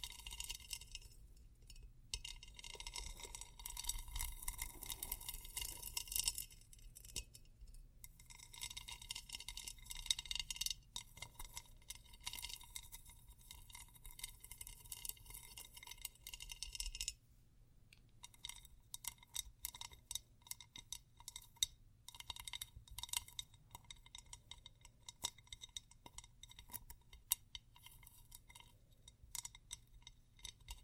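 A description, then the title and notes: Pencils and studs rattle and tap against ceramic in a dense, continuous stream of small clicks and clinks. The clatter is bright and busy through the first seventeen seconds, then thins into sparser, irregular ticks and knocks, with a low steady hum underneath throughout. ASMR 3 EXTREMELY TINGLY ITEMS（No Talking） pencils, studs, ceramic.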